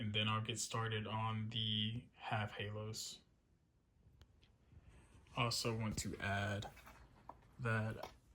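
Someone talks while handling the plastic inner housing piece, fitted with a custom RGB halo ring, for an Infiniti G37 Coupe tail light, about to press it back into the tail light housing. Two faint, brief ticks are heard at about 4.2 and 4.4 seconds during a pause in the talking. Nothing has seated or clicked yet.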